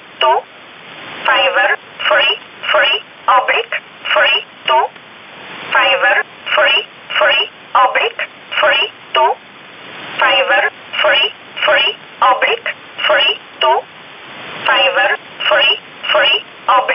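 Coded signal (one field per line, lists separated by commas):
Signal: numbers station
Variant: E11 Oblique, English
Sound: a voice reading short evenly spaced words, about two per second, over radio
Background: radio static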